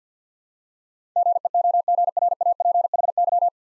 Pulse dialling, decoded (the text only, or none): none